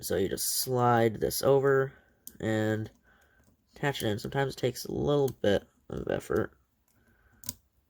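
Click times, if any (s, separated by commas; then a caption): 7.5 s. Someone talks while a plastic Vulcan pod attachment is slid over the head of a Real Grade 1/144 scale Gundam Mk II plastic model kit and pushed on. After a quiet stretch of effort, a sharp click at 7.5 s marks the attachment locking into place on the head.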